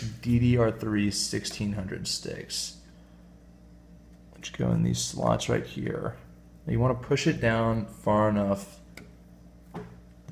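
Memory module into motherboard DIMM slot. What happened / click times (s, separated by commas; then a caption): The memory module's retention latches snapped into place / 9.0 s. While someone talks, a 4 GB DDR3 memory stick is pushed down into a motherboard DIMM slot until its plastic retention clips snap into place. A sharp click sounds at 9.0 s, followed by two softer ticks, and the stick is seated.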